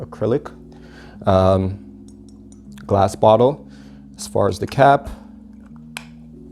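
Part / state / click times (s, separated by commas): plastic cap onto glass perfume bottle / seated / 6.0 s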